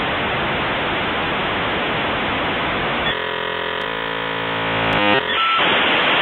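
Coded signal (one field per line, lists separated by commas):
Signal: dial-up modem handshake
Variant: 56k modem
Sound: harsh hiss, then a dense chord of many steady tones, a brief beep, hiss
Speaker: quand vous cliquez sur vous connecter à Internet bah ça va appeler le numéro d'où les fameuses sont de ces modernes que vous reconnaîtriez tout de suite je pense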